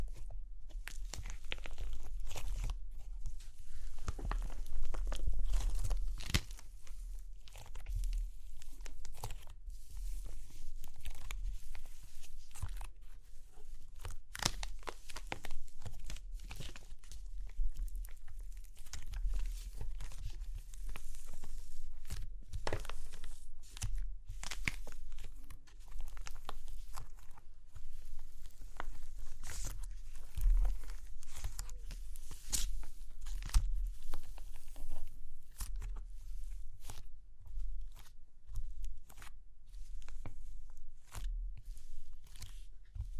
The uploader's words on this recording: Super Crunchy Clay Cracking (No Talking).